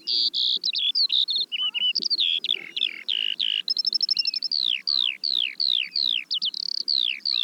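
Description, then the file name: Eurasian skylark delivering a continuous bubbling song of slurred whistles, quick trills and a series of falling notes, over faint low background noise. "veldleeuwerik"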